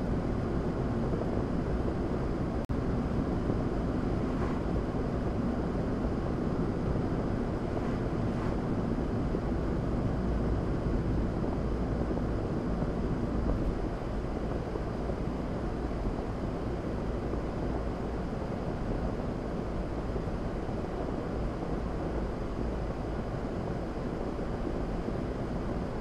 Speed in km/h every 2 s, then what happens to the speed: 79, 81, 77, 76, 72, 69, 71, 71, 69, 71, 71, 69, 72.
0-16 slows to 69. 16-26 steady at about 71.